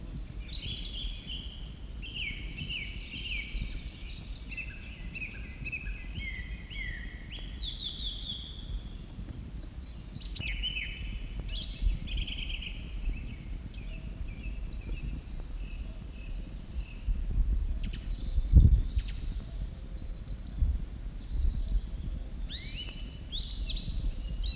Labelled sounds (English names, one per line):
Song Thrush song